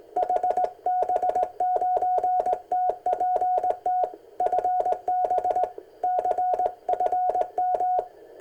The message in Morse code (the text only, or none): HB9TPT FB CFM